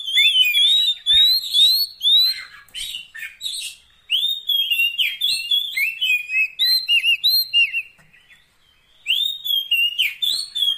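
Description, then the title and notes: Oriental magpie-robin song: dense runs of bright whistled notes and rattling chips, broken by brief pauses. Long-duration fill-in (isian) song of kacer, meant to make the bird sing vigorously (gacor) day and night. "Kacer Jadi Gacor Siang Malam. Isian Kacer Durasi Panjang"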